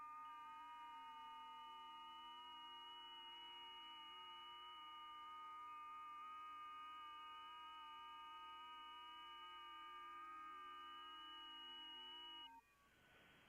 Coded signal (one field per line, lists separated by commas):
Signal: FT8